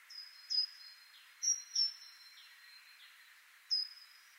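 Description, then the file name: Great tit sounding crisp high single and paired notes at irregular intervals over a continuous high insect buzz. "Parus major"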